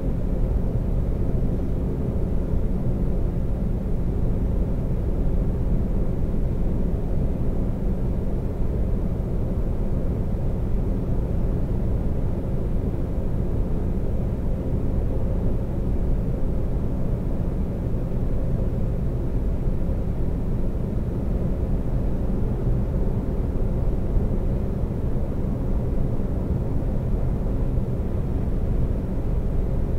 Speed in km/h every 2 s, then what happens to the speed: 122, 122, 122, 122, 122, 122, 122, 122, 122, 124, 124, 122, 122, 122, 121.
0-30 steady at about 122.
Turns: none.